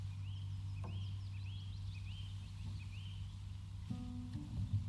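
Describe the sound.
Bird song: a series of short, clear whistled phrases that rise and fall, repeated about every half second over a steady low hum, with a few knocks near the end.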